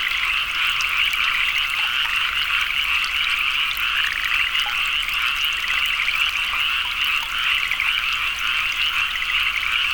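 Frogs calling in a dense chorus, many fast pulsed croaks running together in a steady trill.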